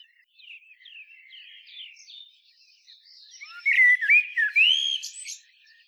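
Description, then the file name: Common blackbird singing: soft low warbling, then a loud burst of mellow fluted, sliding notes with squeaky high overtones. "Turdus merula"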